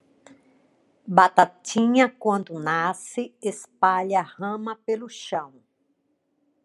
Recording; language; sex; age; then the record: short text; Brazilian Portuguese; female; 60 to 69 years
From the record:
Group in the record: control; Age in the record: 64 years